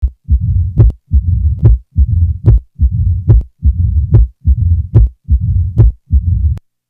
Heart Sounds Murmurs mitral Stenosis loud.